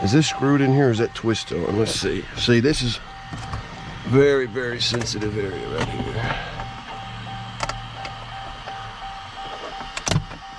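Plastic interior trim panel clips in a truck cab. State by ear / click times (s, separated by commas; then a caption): released / 10.0 s, 10.1 s. Someone talks while working a plastic interior trim piece near the rear window of a 2022 Dodge Ram pickup cab off its retaining clips during a window tint job. The snap-fit clips let go with a sharp crack at 10.0 and 10.1 seconds. It sounds like the trim broke, but it did not; the clips simply popped out.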